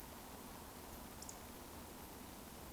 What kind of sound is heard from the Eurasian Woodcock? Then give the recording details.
whistle. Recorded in Baden-Württemberg, Germany, on 11 June 2020 at 20:38 UTC. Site 14569, 102 m above sea level